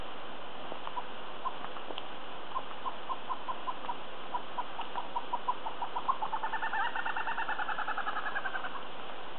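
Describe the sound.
O. malabaricus giving a series of short, evenly spaced notes that speed up, ending in a faster chattering run of doubled notes over steady background hiss.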